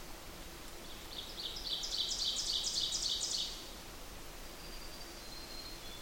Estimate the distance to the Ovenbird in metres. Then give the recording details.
about 40 m. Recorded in boreal forest in Alberta, Canada, on 8 June 2016 at 05:39. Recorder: SongMeter 3, array SBT-3-9. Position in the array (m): 51 m, 108 m. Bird 33